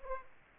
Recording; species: mosquito wingbeat signal from an infrared sensor; Aedes aegypti